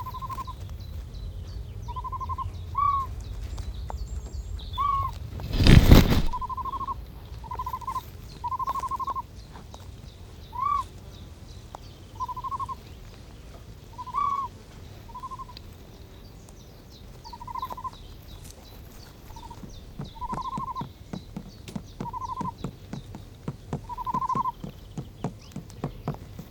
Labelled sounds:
Great Bustard (Otis tarda) call
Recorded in captivity
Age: juvenile
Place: Serrahn, Mecklenburg-Vorpommern, DE
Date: 1970-06-26
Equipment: Nagra III BH, Sennheiser MD 421
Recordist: Schubert, Michael

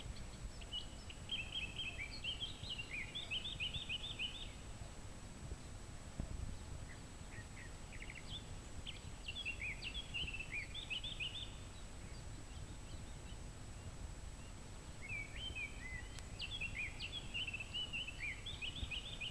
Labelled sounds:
Eurasian Blackcap (Sylvia atricapilla) song
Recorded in the wild
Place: SI
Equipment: Hornyphon Bandgerät, Phillips Mikrofon Type EL 6020
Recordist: Brunner, Thomas

